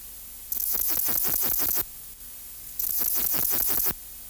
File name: Platycleis tenuis